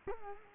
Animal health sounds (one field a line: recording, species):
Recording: mosquito wingbeat signal from an infrared sensor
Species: Culex quinquefasciatus